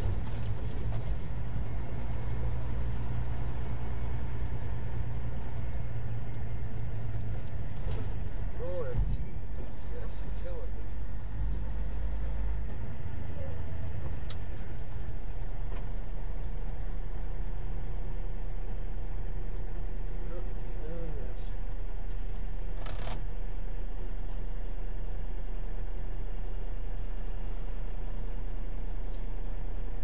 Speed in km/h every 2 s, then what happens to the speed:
39, 40, 39, 37, 32, 35, 35, 31, 24, 18, 11, 6, 0, 0, 0.
0-12 steady at about 37. 12-24 slows to 0. 24-30 standing.